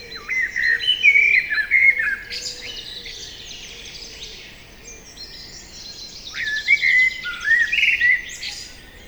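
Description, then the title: Common blackbird song with warbled whistles and scratchy high flourishes, a lull, then a second phrase of mellow notes and twitters. Common blackbird singing trills from a tree beside a lake in Magnieu, France, during the evening chorus; Sennheiser MKH8040 stereo ORTF microphones, Zoom F8 recorder. "Lac de Barterand - Magnieu, France - Chorus du soir"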